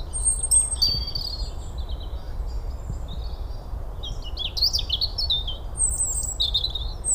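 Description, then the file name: European robin with thin sustained high whistles at first, then a busy burst of quick tumbling notes and twitters, low steady rumble in the background. "Erithacus rubecula"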